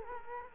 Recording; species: mosquito wingbeat signal from an infrared sensor; Culex quinquefasciatus